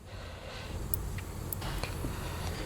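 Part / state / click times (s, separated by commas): wire terminal pins into connector housing / seated / 0.9 s, 1.5 s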